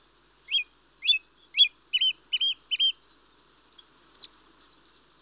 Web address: BBC Sound Effects Library. Mistle Thrush (Turdus Viscivorus)